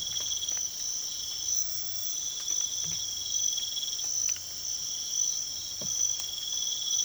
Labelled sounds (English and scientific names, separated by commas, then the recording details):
none
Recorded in pastures near Puerto Asís, Putumayo, Colombia, on 24 March 2025 at 04:30
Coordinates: 0.487, -76.322
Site G077